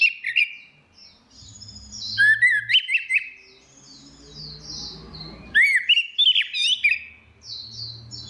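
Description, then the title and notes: Orange-headed thrush song: loud zigzagging whistles and twittering phrases over a low rumbling background noise. Continuous singing (ngeplong) recording made for training other birds (masteran). "Suara Burung Anis Merah Ngeplong. Masteran Anis Kembang"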